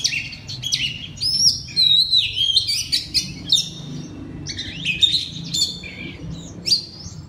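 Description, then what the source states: Oriental magpie-robin singing a rich, varied run of high whistled notes, slurs and chattering bits, with brief pauses between phrases. Loud song style called ngeplong keras in Indonesian (kacer).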